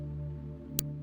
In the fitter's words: this one clicked too